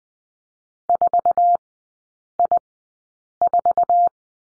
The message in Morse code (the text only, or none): 4I4